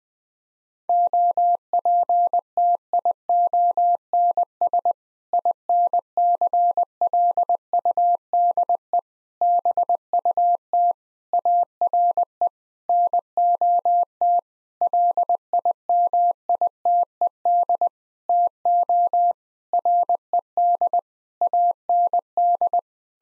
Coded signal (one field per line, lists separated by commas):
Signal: Morse code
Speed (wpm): 20 wpm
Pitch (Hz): 700 Hz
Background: none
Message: OPTIONS INCLUDE BUT ARE NOT LIMITED TO RED AND